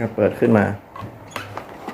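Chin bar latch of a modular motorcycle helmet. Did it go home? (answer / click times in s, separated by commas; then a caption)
yes / 1.4 s. Someone talks as the flip-up chin bar of a JIEKAI modular full-face motorcycle helmet is pressed down until its latch engages. A sharp click at 1.4 s marks the chin bar locking into place, followed by a few fainter ticks.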